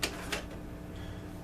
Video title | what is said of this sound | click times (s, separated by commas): Grandpa's R part 23 | ready to be yeah click one | 0.0 s